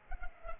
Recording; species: mosquito wingbeat signal from an infrared sensor; Culex pipiens